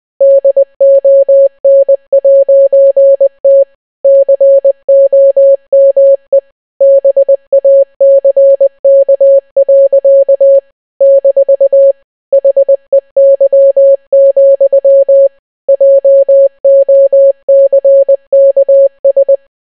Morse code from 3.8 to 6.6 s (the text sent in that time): COME